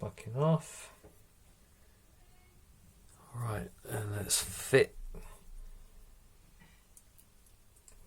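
Someone talks while a rubber hop-up bucking is handled and lined up on the end of a stainless steel airsoft inner barrel, ready to be pushed home. Faint short ticks from the handling come near 7.0, 7.2 and 7.9 seconds, but nothing has seated or clicked yet.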